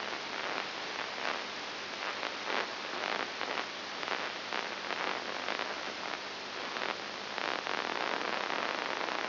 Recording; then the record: brain microelectrode recording played as sound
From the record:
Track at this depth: inside the subthalamic nucleus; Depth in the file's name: 6.301 mm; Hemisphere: left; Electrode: 2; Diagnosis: Parkinson's disease